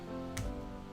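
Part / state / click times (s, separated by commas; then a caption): plastic knee part into model kit leg frame / seated / 0.4 s. A plastic knee part is pressed onto the leg frame of an MGEX Unicorn Gundam Ver.Ka model kit, with steady tonal music in the background. A single sharp click at 0.4 s marks the knee part snapping into place, and it is seated.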